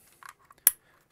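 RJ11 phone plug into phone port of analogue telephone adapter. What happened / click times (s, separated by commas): A small plastic plug clicked home into its port / 0.7 s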